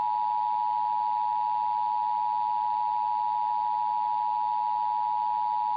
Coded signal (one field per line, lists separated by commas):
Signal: Emergency Alert System (SAME) tones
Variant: 853 and 960 Hz attention tone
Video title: [EAS #1742] Hawaii Required Monthly Test over KSSK AM 590